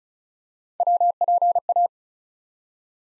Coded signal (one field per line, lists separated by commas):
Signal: Morse code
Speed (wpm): 34 wpm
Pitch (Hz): 700 Hz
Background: none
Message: WPA